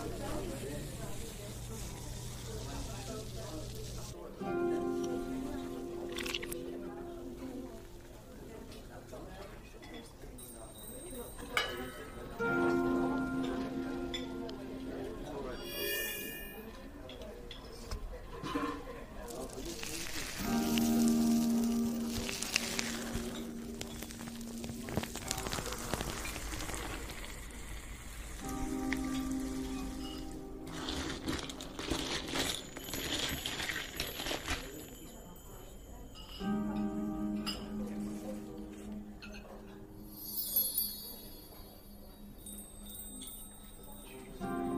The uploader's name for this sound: Fantasy fairy cafe asmr ambience